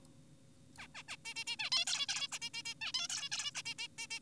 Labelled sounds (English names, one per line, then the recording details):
Zebra Finch
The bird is an adult
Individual g4p5U